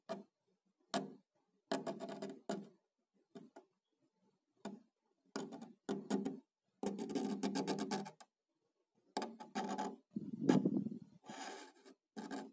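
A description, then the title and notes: Wooden scraping and rubbing, in short bursts and longer strokes separated by silences, with a louder rasp around ten seconds. ASMR - Wood sounds.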